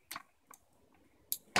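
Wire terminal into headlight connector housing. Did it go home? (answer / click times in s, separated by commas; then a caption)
yes / 1.3 s. A white wire terminal is pushed into the right-hand position of a headlight connector housing. Faint plastic ticks are heard at about 0.1 s and 0.5 s, then a sharp click at 1.3 s as the terminal seats, followed by a louder broadband snap at 1.6 s. The pin is confirmed clicked in and seated in the housing.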